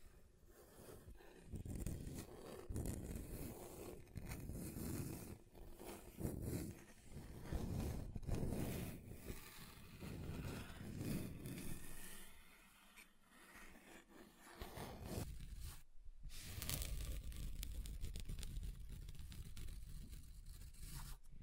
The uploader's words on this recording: ASMR Relaxing Table Scratching Different Surfaces (No Talking).